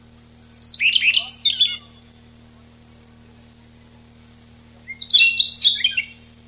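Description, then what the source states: Siberian rubythroat delivering two dense warbling phrases of high, slurred whistles and chattery notes, each over a second long, with a gap of about three seconds. Recorded 6 July 1991.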